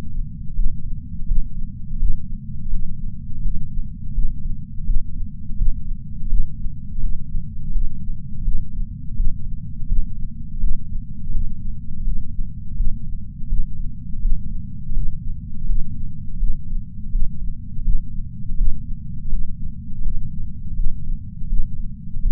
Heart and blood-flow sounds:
heart sounds by patch sensor on the chest; 83 bpm
0.56 s: heartbeat
1.28 s: heartbeat
2.00 s: heartbeat
2.72 s: heartbeat
3.44 s: heartbeat
4.15 s: heartbeat
4.87 s: heartbeat
5.58 s: heartbeat
6.30 s: heartbeat
7.02 s: heartbeat
7.74 s: heartbeat
8.45 s: heartbeat
9.17 s: heartbeat
9.89 s: heartbeat
10.61 s: heartbeat
11.33 s: heartbeat
12.06 s: heartbeat
12.77 s: heartbeat
13.50 s: heartbeat
14.22 s: heartbeat
14.96 s: heartbeat
15.68 s: heartbeat
16.40 s: heartbeat
17.13 s: heartbeat
17.85 s: heartbeat
18.58 s: heartbeat
19.31 s: heartbeat
20.04 s: heartbeat
20.77 s: heartbeat
21.50 s: heartbeat
22.23 s: heartbeat
From the record:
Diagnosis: coronary artery disease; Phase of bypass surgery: postoperative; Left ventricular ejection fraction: 63%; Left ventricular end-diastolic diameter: 47 mm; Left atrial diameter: 42 mm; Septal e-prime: 6.9 cm/s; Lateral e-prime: 10.4 cm/s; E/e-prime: 10.3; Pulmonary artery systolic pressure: 20 mmHg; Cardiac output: 7.8 L/min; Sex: female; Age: 70 years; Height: 164 cm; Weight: 70 kg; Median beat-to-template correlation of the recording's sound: 0.88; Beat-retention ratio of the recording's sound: 1.00

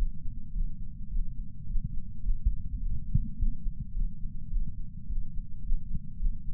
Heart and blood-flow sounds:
heart sounds by patch sensor on the chest; 106 bpm
0.53 s: heartbeat
1.11 s: heartbeat
1.67 s: heartbeat
2.24 s: heartbeat
2.81 s: heartbeat
3.38 s: heartbeat
3.94 s: heartbeat
4.51 s: heartbeat
5.08 s: heartbeat
5.64 s: heartbeat
6.20 s: heartbeat
From the record:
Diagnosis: coronary artery disease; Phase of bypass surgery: postoperative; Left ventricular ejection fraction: 62.1%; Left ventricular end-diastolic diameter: 45 mm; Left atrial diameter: 33 mm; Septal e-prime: 6.9 cm/s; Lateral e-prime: 10.6 cm/s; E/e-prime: 10.6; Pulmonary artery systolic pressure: 22 mmHg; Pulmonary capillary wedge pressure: 8 mmHg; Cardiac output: 5.1 L/min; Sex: female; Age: 52 years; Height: 163 cm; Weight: 80 kg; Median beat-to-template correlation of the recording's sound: 0.72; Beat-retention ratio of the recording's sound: 0.98

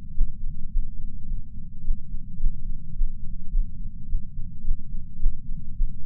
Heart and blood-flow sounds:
heart sounds by patch sensor on the chest; 107 bpm
0.13 s: heartbeat
0.70 s: heartbeat
1.26 s: heartbeat
1.82 s: heartbeat
2.38 s: heartbeat
2.94 s: heartbeat
3.51 s: heartbeat
4.07 s: heartbeat
4.63 s: heartbeat
5.18 s: heartbeat
5.74 s: heartbeat
From the record:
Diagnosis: coronary artery disease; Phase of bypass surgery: postoperative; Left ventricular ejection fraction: 54.7%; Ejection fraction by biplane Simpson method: 51.3%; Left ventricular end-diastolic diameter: 46 mm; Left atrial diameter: 45 mm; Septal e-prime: 5.3 cm/s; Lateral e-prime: 7.1 cm/s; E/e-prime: 10.6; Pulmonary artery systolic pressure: 26 mmHg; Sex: male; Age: 58 years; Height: 182 cm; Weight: 89 kg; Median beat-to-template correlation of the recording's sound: 0.72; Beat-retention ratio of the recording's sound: 0.99

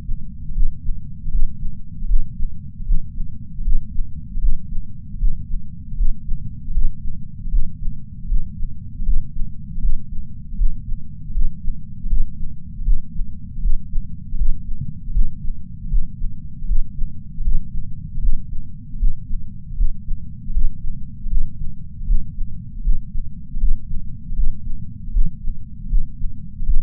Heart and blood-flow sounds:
heart sounds by patch sensor on the chest; 78 bpm
0.50 s: heartbeat
1.27 s: heartbeat
2.04 s: heartbeat
2.82 s: heartbeat
3.60 s: heartbeat
4.37 s: heartbeat
5.15 s: heartbeat
5.93 s: heartbeat
6.69 s: heartbeat
7.47 s: heartbeat
8.24 s: heartbeat
9.01 s: heartbeat
9.77 s: heartbeat
10.53 s: heartbeat
11.29 s: heartbeat
12.05 s: heartbeat
12.81 s: heartbeat
13.57 s: heartbeat
14.33 s: heartbeat
15.09 s: heartbeat
15.86 s: heartbeat
16.63 s: heartbeat
17.40 s: heartbeat
18.17 s: heartbeat
18.95 s: heartbeat
19.72 s: heartbeat
20.49 s: heartbeat
21.26 s: heartbeat
22.02 s: heartbeat
22.79 s: heartbeat
23.56 s: heartbeat
24.32 s: heartbeat
25.09 s: heartbeat
25.85 s: heartbeat
26.61 s: heartbeat
From the record:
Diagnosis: coronary artery disease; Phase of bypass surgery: intraoperative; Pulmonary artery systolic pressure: 21 mmHg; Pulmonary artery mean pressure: 15 mmHg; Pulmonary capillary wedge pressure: 10 mmHg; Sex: male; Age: 65 years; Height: 170 cm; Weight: 65 kg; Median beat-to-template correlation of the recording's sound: 0.94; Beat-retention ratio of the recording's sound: 0.99

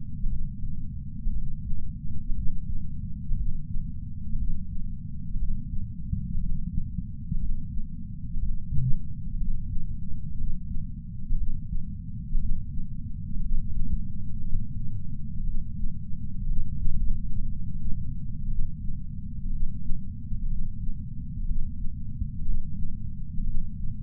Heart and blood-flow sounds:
heart sounds by patch sensor on the chest; 60 bpm
0.27 s: heartbeat
1.30 s: heartbeat
2.33 s: heartbeat
3.34 s: heartbeat
4.36 s: heartbeat
5.37 s: heartbeat
6.38 s: heartbeat
7.37 s: heartbeat
8.37 s: heartbeat
9.37 s: heartbeat
10.35 s: heartbeat
11.35 s: heartbeat
12.38 s: heartbeat
13.40 s: heartbeat
14.41 s: heartbeat
15.43 s: heartbeat
16.46 s: heartbeat
17.46 s: heartbeat
18.47 s: heartbeat
19.49 s: heartbeat
20.47 s: heartbeat
21.45 s: heartbeat
22.43 s: heartbeat
23.43 s: heartbeat
From the record:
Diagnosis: coronary artery disease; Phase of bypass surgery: preoperative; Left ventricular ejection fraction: 61.9%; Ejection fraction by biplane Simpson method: 50.3%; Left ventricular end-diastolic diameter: 48 mm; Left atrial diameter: 41 mm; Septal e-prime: 7.5 cm/s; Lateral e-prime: 8.4 cm/s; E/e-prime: 8.7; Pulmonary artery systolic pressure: 21 mmHg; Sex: male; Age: 71 years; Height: 162 cm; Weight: 75 kg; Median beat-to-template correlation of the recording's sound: 0.81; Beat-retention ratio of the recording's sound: 0.97

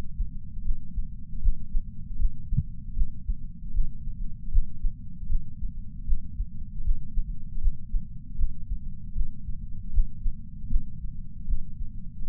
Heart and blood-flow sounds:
heart sounds by patch sensor on the chest; 78 bpm
0.64 s: heartbeat
1.41 s: heartbeat
2.18 s: heartbeat
2.95 s: heartbeat
3.73 s: heartbeat
4.51 s: heartbeat
5.28 s: heartbeat
6.06 s: heartbeat
6.83 s: heartbeat
7.60 s: heartbeat
8.37 s: heartbeat
9.14 s: heartbeat
9.92 s: heartbeat
10.69 s: heartbeat
11.47 s: heartbeat
12.24 s: heartbeat
From the record:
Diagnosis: coronary artery disease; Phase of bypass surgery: postoperative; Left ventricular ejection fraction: 62.4%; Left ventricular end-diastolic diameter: 42 mm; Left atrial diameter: 36 mm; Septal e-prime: 5.8 cm/s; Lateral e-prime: 9.2 cm/s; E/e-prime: 7.3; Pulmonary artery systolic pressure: 36 mmHg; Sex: male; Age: 59 years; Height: 162 cm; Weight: 60 kg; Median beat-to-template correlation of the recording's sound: 0.83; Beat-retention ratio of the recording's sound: 0.99

